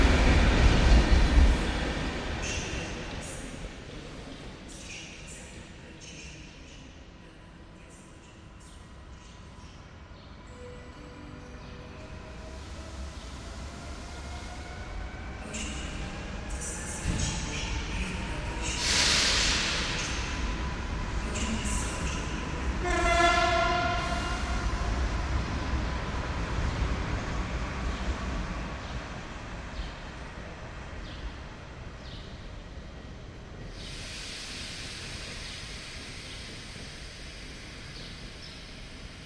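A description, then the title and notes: Ambience from a train station platform, with a steady low rumble of trains underneath throughout. Brakes squeal and metal screeches in bursts around the middle, with a loud hiss near twenty seconds and another late in the recording, over scattered clanks. Wroclaw train station ambience. The recording was made with a Free Space Pro II binaural microphone (3DIO Sound). Recorded by Artur Olejarczyk.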